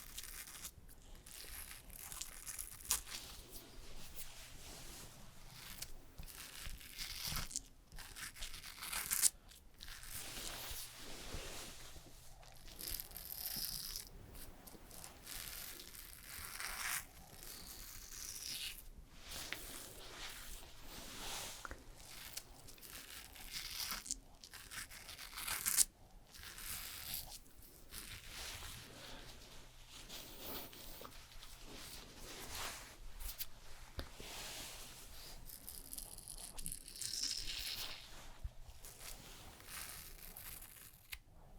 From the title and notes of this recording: ASMR SUPER Realistic Haircut and Shaving (Recorded Actual Sounds Layered) NO TALKING.